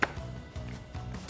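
A plastic collection canister, its feet already set at the bottom of a Medela Thopaz+ chest drainage suction pump, is pushed up against the housing until it latches. A sharp, short click sounds at 0.0 s over background music, and the canister is seated.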